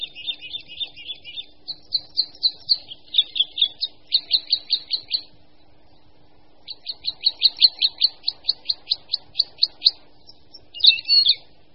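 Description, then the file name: Red crossbill calls: sharp, high chip notes in quick clustered runs, a pause of about a second and a half, then more steady chips and a brief twittering burst. "Křivka-obecná"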